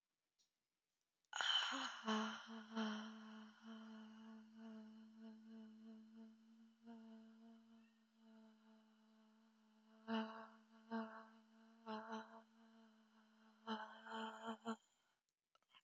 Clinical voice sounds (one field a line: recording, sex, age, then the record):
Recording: vowel held as long as possible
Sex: female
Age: 20 to 29 years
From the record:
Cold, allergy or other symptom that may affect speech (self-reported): no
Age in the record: 27 years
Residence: United States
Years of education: 18